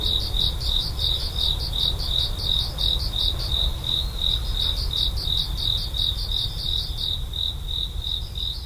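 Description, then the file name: Cricket chirping, high and rhythmic, rapid pulses running in bursts with slight breaks between them. "korogi"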